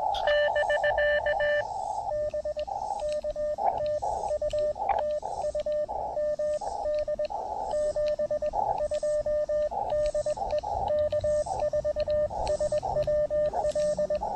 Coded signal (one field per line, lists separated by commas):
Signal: Morse code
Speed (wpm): 20 wpm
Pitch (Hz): 590 Hz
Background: radio noise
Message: <BK> B K TU TU MD 72 DE K4SWL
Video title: A Quick POTA Activation Before Closing Time at President James Polk State Historic Site!